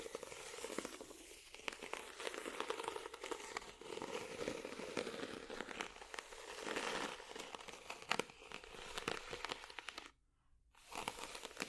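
Scratching over a ridged surface, a dense run of quick, crackly rasps that rise and fall in loudness with each stroke. The sound is bright, with sharper clicks near 8 seconds and a brief silent gap around 10 seconds before the scraping resumes.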